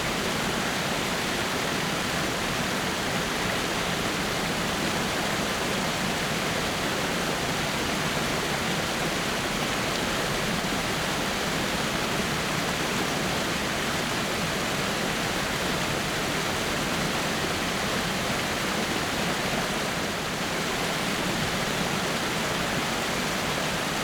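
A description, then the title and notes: A waterfall pours down in a dense, unbroken roar, steady from start to finish with no pauses or distinct splashes. The rushing sound is full, spread from a low rumble up to a bright hiss, with nothing else audible over it. Showered by the Waterfall.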